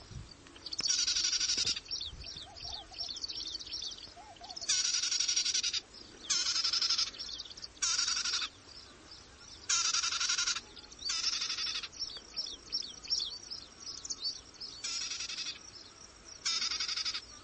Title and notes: Prenjak Sawah. Suara Burung Prenjak